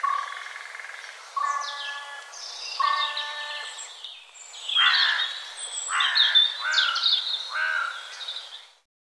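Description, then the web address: Bird calls: a series of harsh harmonic notes in repeated blocks, followed by louder, sharper calls, over a steady background hiss. "cianscape birddata Deverinetal 2025 File cleaned normalized Bird"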